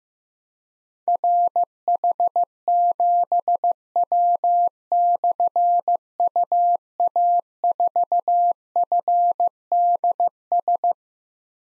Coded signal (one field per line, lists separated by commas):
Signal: Morse code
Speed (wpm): 15 wpm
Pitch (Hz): 700 Hz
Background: none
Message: RH7W/UA4FDS